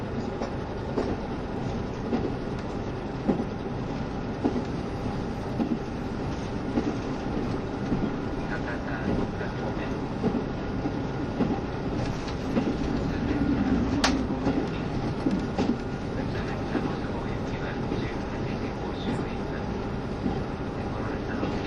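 Running sound recorded aboard a diesel passenger train: a steady, dense low rumble of engine and wheels with faint rhythmic clatter over the rails. The noise swells slightly in the middle, and a single sharp click stands out around fourteen seconds.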